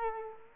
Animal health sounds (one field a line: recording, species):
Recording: mosquito wingbeat signal from an infrared sensor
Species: Culex quinquefasciatus